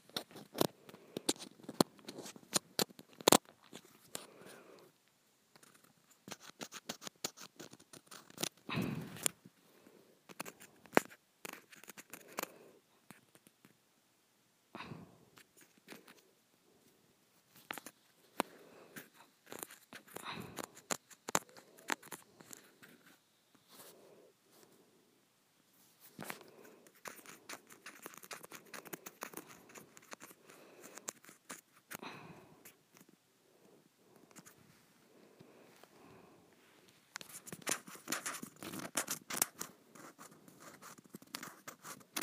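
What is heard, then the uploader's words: Scratching on a textured plastic surface, made of dense runs of short, bright rasping strokes that start and stop irregularly throughout. Busy bursts come near the start, around twenty seconds, and again toward the end, separated by quieter gaps with sparse scrapes. ASMR Scratching a Textured Plastic.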